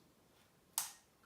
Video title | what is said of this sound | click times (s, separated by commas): Best Camera For YouTube 2019 Vlogging - Canon EOS M50 | you hear a click and that's it it's all there now | 0.8 s